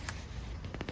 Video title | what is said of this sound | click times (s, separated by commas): How to install Replacement Canopy on Simply Shade 11ft LED Umbrella AG45RLDT2-LS-2 tutorial tips DIY | so go slowly and kind of evenly around there we go that one clicked | 0.8 s